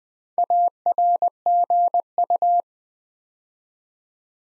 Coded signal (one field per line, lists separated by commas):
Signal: Morse code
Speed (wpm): 20 wpm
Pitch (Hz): 700 Hz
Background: none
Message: ARGU